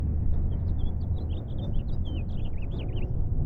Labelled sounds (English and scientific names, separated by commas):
House Finch (Haemorhous mexicanus) song